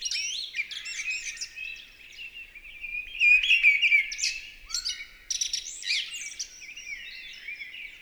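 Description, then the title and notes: Mistle thrush singing a fast, varied string of fluty whistles mixed with sharp scratchy notes, louder in the middle, with no other sounds standing out. Recorded 28 March 2020 at Val Maravel in stereo with a Nagra LB and MKH40 microphone, with no aircraft noise at the time; bird singing with great vocal fervour. "UNE DRAINE ENCHANTEE. 28 mars 2020-Val Maravel. Voici la belle Grive draine (Turdus viscivorus) dans toute sa ferveur vocale"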